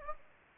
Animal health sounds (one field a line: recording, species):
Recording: mosquito wingbeat signal from an infrared sensor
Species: Anopheles gambiae